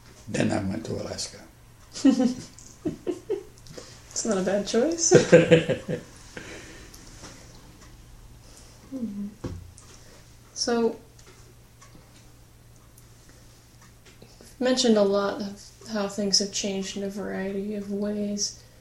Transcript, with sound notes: Then I went to Alaska.
[Laughs.] That's not a bad choice. [Laughs.] You mentioned a lot about how things have changed in a variety of ways.